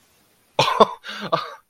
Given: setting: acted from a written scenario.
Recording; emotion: vocal sound without words; positive surprise